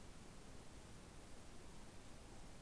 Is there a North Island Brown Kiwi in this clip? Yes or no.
no